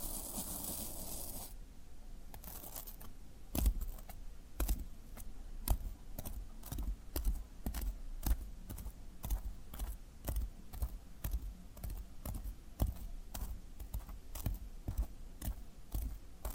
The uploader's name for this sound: Floral Foam Sounds